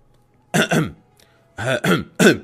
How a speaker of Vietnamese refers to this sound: Miêu Nghị nắm quyền đưa lên che miệng đằng hắng một tiếng, không được tự nhiên với Công Tôn Vũ.